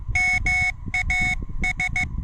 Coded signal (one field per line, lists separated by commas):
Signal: Morse code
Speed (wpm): 15 wpm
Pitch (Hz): 2200 Hz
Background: none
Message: MAS